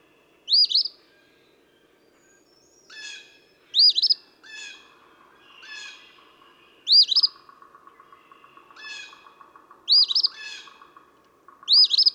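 Eastern phoebe repeating its buzzy fee-bee phrase five times, interleaved with softer notes and a rapid chattering trill.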